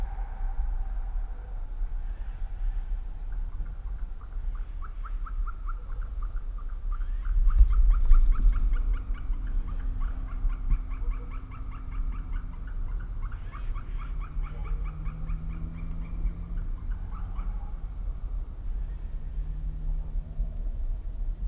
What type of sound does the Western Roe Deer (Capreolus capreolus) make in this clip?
barking